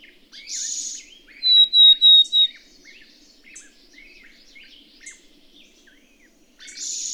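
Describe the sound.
Bird song: a short run of four bright whistled notes near the middle, framed by harsh buzzy bursts at start and end, with soft chattering of other birds throughout.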